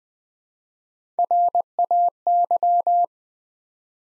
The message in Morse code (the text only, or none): RAY